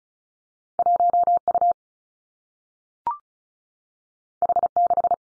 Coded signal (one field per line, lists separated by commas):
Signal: Morse code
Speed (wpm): 36 wpm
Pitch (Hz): 700 Hz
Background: none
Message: 1 U H 6